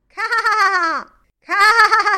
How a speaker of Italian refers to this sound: Il cavallo nitrisce. Il cavallo.